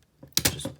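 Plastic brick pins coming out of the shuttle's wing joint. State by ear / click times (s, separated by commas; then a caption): released / 0.4 s. Plastic brick pins are popped out of their holes in the wing joint of a plastic brick shuttle to switch it into landing position, releasing them. A faint tap at 0.2 s comes before a sharp, bright plastic snap at 0.4 s, followed by a second loud rattling click at about 0.5 s and a softer tap near 0.6 s.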